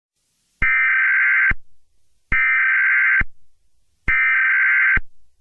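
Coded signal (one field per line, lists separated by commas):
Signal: Emergency Alert System (SAME) tones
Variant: header bursts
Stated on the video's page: Fictional EAS scenario.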